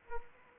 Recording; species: mosquito wingbeat signal from an infrared sensor; Anopheles arabiensis